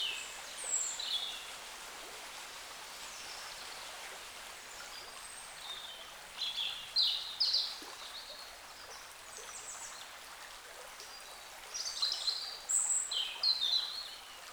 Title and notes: Carennac - Oiseaux de la Dordogne. Oiseaux Loire forêt Carennac. A la sortie de Carennac, le long d'un petit bras de la Dordogne, les oiseaux dans la forêt Zoom H5 + XYH-5